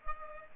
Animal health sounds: mosquito wingbeat signal from an infrared sensor; Culex pipiens

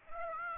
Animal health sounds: mosquito wingbeat signal from an infrared sensor; Aedes aegypti

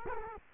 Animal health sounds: mosquito wingbeat signal from an infrared sensor; Culex quinquefasciatus

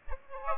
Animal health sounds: mosquito wingbeat signal from an infrared sensor; Aedes aegypti

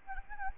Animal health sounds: mosquito wingbeat signal from an infrared sensor; Anopheles gambiae

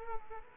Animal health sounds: mosquito wingbeat signal from an infrared sensor; Culex quinquefasciatus

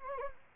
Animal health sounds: mosquito wingbeat signal from an infrared sensor; Anopheles gambiae

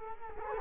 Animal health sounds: mosquito wingbeat signal from an infrared sensor; Culex quinquefasciatus

